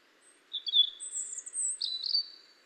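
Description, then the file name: European robin giving a high, thin phrase of sliding whistled notes, lasting about two seconds. "Erithacus rubecula"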